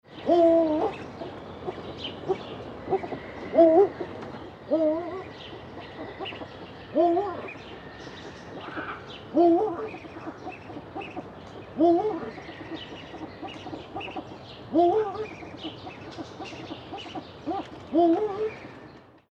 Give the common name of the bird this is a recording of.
Eurasian Eagle-owl